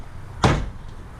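A car door trim panel, hung from the top with its plastic push-pin clips lined up in the door holes, is struck by hand so the clips pop into the door frame. A single sharp, broadband pop-thump at 0.4 s marks the clips seating into place, followed by quiet.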